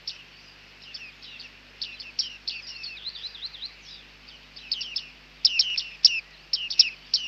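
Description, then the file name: Bearded reedling calls, dense chattering of short high downslurred notes, a brief twittering run, then louder clustered pings toward the end over a steady low hum. "Bearded Tit (Panurus biarmicus)"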